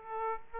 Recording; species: mosquito wingbeat signal from an infrared sensor; Aedes aegypti